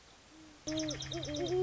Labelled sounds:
Great Horned Owl (Bubo virginianus)
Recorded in Sonoma County, California

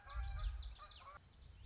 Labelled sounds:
Common Yellowthroat (Geothlypis trichas)
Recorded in Sonoma County, California

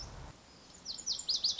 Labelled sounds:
Lazuli Bunting (Passerina amoena)
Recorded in Sonoma County, California

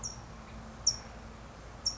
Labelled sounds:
California Towhee (Melozone crissalis)
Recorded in Sonoma County, California

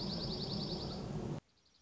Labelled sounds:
Dark-eyed Junco (Junco hyemalis)
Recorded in Sonoma County, California

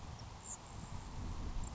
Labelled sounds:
Grasshopper Sparrow (Ammodramus savannarum)
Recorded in Sonoma County, California

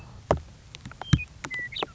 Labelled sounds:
Western Meadowlark (Sturnella neglecta)
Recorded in Sonoma County, California

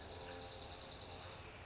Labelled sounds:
Dark-eyed Junco (Junco hyemalis)
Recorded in Sonoma County, California

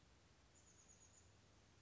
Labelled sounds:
Chestnut-backed Chickadee (Poecile rufescens)
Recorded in Sonoma County, California

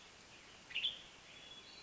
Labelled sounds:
Western Tanager (Piranga ludoviciana)
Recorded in Sonoma County, California

